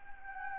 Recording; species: mosquito wingbeat signal from an infrared sensor; Anopheles gambiae